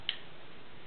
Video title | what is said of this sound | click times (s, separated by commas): Winchester 1897 Shotgun Basic Disassembly | you're going to hear a click like this | 0.1 s